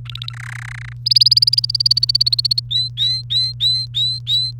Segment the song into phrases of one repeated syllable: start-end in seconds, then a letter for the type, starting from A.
0.05-0.33 A, 0.33-0.93 B, 1.06-2.60 C, 2.71-4.51 D